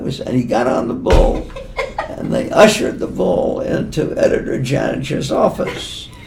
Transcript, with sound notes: I was—” And he got on the bull [laughter] and they ushered the bull into editor Janish’s office.